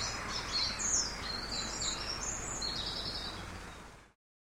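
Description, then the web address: Birds twittering: a continuous run of high, quick chirps and trills over low background hiss, ending abruptly. Birds singing in an empty street of a big city. "canto de pajaros en una calle vacia de una gran ciudad"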